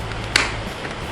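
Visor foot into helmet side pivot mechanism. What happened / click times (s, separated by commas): The plastic pivot snapped into place / 0.4 s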